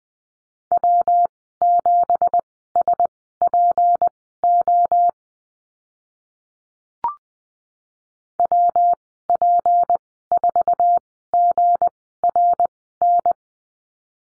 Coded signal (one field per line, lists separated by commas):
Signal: Morse code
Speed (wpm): 20 wpm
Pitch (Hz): 700 Hz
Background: none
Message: W7SPO WP4GRN